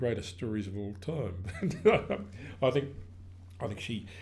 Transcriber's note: laughs